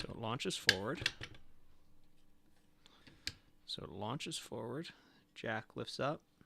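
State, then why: Not seated. A jack lever in a small catch mechanism is worked by hand while someone talks, with a quiet pause holding a few faint, sharp handling ticks. Nothing has seated or clicked into place yet.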